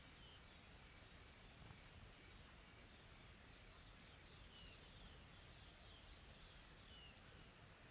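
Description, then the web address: Insects hum in a steady high-pitched drone broken by short clicking bursts, with faint bird notes underneath. Calm tropical forest ambience in South Africa with soft insects calling. "Sonniss com - GDC 2020-Game Audio Bundle Smart Sound FX - Nature South Africa AMBIENCE Additional Tropical Forest Soft Insects Calm"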